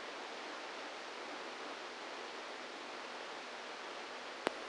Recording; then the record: brain microelectrode recording played as sound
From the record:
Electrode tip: inside the subthalamic nucleus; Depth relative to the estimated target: -1 mm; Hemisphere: right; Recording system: NeuroSet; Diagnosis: Parkinson's disease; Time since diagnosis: 27 years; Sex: male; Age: 62 years